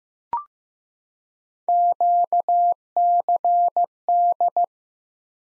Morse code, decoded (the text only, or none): QCD